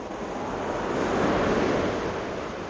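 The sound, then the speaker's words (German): A steady, full roar of surf and rushing water blends with blustery wind noise, swelling slightly in the middle before easing, with no voices present. “Jetzt kommt das Wasser wieder näher.”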